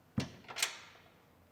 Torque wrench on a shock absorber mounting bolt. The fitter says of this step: click always good to double check